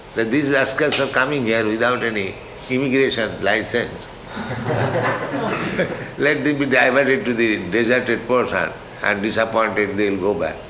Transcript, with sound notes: that "These rascals are coming here without any immigration license. [laughter] Let them be diverted to the deserted portion, and disappointed, they'll go back"?